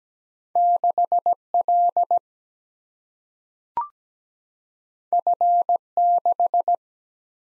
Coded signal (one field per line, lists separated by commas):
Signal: Morse code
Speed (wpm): 17 wpm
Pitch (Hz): 700 Hz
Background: none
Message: 6 L F 6